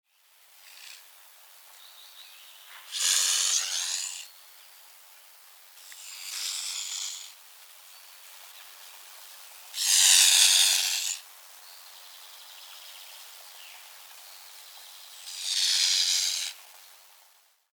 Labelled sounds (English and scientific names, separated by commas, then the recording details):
Mute Swan (Cygnus olor)
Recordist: Tembrock, Günter
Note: Drohzischen gegen Beobachter